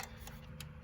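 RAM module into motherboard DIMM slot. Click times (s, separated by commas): 0.3 s, 0.6 s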